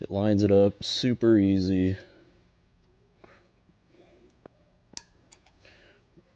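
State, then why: Seated. Someone talks, then a metal anti-rattle brake pad clip, lined up by its tab, is pressed into the front brake caliper bracket of an Ineos Grenadier during a front brake pad change. Faint taps and handling sounds follow, with a sharp click at 5.0 s as the clip locks into place easily and seats.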